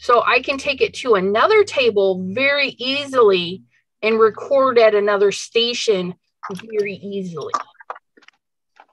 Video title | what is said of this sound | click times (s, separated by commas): Crafty Zoom Session 2/26/2022 | it just pops right in there. | 7.9 s